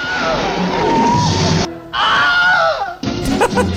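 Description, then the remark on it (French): The Wilhelm scream, a stock sound effect used by sound designers in films such as Star Wars and Raiders of the Lost Ark: a loud, strained male scream in two bursts, each sliding downward in pitch, followed by a brief clatter of noise. “Même quand c'est aucunement approprié à l'action qui est autour, on utilise ça, le Wilhelm Scream tout le temps. Ça crie comme ça.”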